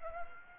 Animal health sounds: mosquito wingbeat signal from an infrared sensor; Aedes aegypti

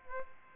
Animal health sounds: mosquito wingbeat signal from an infrared sensor; Aedes aegypti

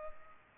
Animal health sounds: mosquito wingbeat signal from an infrared sensor; Culex pipiens

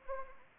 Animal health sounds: mosquito wingbeat signal from an infrared sensor; Anopheles arabiensis

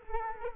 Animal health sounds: mosquito wingbeat signal from an infrared sensor; Culex quinquefasciatus

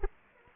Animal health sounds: mosquito wingbeat signal from an infrared sensor; Anopheles arabiensis

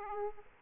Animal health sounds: mosquito wingbeat signal from an infrared sensor; Aedes aegypti

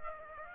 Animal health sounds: mosquito wingbeat signal from an infrared sensor; Aedes aegypti

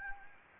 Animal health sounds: mosquito wingbeat signal from an infrared sensor; Anopheles gambiae

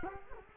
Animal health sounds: mosquito wingbeat signal from an infrared sensor; Culex quinquefasciatus

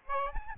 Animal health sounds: mosquito wingbeat signal from an infrared sensor; Aedes albopictus

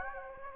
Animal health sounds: mosquito wingbeat signal from an infrared sensor; Anopheles gambiae

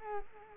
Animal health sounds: mosquito wingbeat signal from an infrared sensor; Culex quinquefasciatus

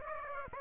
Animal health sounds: mosquito wingbeat signal from an infrared sensor; Aedes aegypti

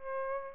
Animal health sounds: mosquito wingbeat signal from an infrared sensor; Aedes albopictus

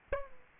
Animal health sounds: mosquito wingbeat signal from an infrared sensor; Aedes aegypti

